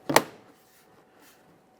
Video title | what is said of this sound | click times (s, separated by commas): How to Replace Rear Interior Door Handles 1999-2006 Cheverolet Silverado 1500 | listen for a click make sure it's secured | 0.2 s